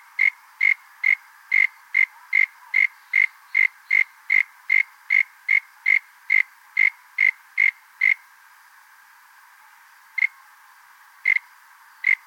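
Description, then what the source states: Frog repeating quick, sharp call notes about twice a second for eight seconds, then falling silent with only three isolated notes near the end. Unidentified frog species from Australia.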